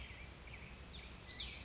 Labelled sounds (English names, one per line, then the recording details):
Black-headed Grosbeak
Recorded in Sonoma County, California